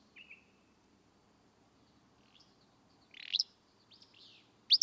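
Willow flycatcher: soft scattered notes, then a buzzy burry phrase, and another sharp phrase starting at the very end.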